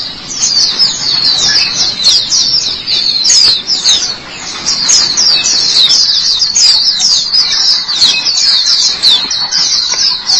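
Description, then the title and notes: White-eye twittering song, fast and high-pitched, steady except for a short drop in volume partway through. "Suara kicauan burung pleci"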